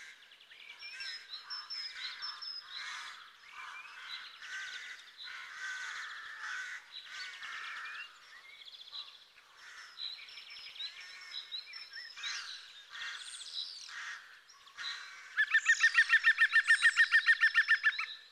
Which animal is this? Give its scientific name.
Picus viridis